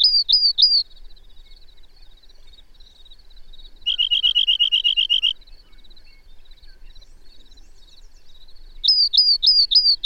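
Bird song: short runs of sharp upslurred whistles open and close, with a fast even trill of rapid notes in the middle and soft twittering between.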